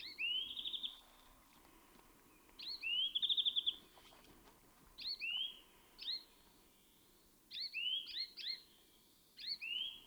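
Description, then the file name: European greenfinch giving short rising buzzy notes, each opening with a sharp upward chip, in loose clusters every second or two. "Chloris chloris"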